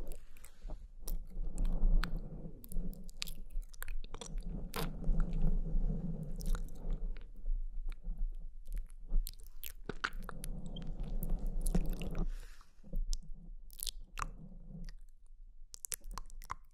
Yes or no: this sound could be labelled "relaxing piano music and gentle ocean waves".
no